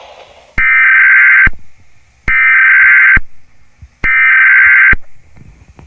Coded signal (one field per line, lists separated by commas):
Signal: Emergency Alert System (SAME) tones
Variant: header bursts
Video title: 2022 News 4 Jax EVI / Mini EAS Scenario #3: A different hurricane season